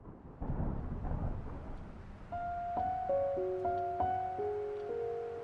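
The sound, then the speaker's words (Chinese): Heavy rain hisses under a deep, rolling rumble of thunder. After about two seconds, steady sustained musical tones come in over the downpour, stepping between pitches. “我这里雨下的特大，还打雷。”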